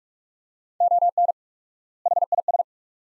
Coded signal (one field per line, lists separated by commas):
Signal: Morse code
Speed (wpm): 45 wpm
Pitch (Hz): 700 Hz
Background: none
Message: ON HIS